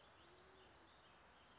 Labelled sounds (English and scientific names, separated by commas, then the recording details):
Band-tailed Pigeon (Patagioenas fasciata)
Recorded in Sonoma County, California